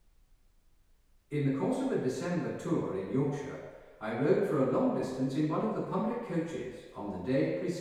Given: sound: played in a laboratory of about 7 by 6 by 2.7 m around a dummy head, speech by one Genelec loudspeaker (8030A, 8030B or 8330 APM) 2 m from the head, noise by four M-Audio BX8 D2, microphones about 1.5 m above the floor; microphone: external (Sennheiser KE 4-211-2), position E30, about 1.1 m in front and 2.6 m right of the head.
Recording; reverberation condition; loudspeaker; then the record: male speech in English; high; behind (180 degrees)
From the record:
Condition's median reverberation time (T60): about 1300 ms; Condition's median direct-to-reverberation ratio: about -4.0 dB